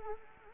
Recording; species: mosquito wingbeat signal from an infrared sensor; Anopheles arabiensis